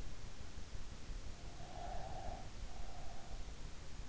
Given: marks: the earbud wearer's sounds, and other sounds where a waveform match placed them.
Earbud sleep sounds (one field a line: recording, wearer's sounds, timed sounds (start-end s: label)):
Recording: sounds in sleep by an in-ear microphone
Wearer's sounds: breath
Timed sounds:
1.21-3.51 s: breath